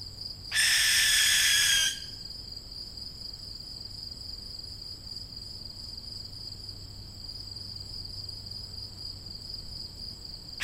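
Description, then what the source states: Barn owl young hissing once, a loud rasping breathy burst of over a second, then quiet except for a constant high insect drone. Young birds.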